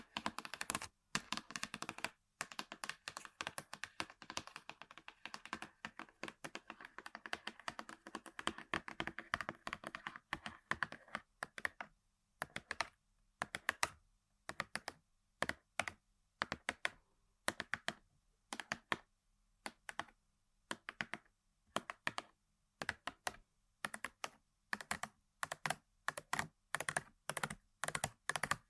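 Tapping and scratching on objects, with sharp clicks that resemble typing. The first ten seconds are dense and continuous, with rapid taps over a rough scratching layer. After that the taps come in short, separate bursts with brief silences between them.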